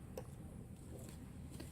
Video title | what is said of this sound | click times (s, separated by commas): Adding Patterns.... Sugar Skulls | going to push till I hear that click once i hear that click i know the top is on tight and | 0.2 s